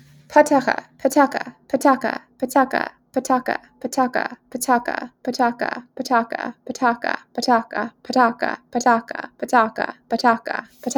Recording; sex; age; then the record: repeated syllables /pa ta ka/; female; 30 to 39 years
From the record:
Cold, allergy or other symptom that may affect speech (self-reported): no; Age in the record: 31 years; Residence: Massachusetts, United States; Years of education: 15